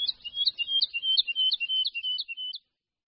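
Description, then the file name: Woodlark song: a series of clear, liquid whistled notes repeated rapidly, ending abruptly after about two and a half seconds. "Skřivan-lesní"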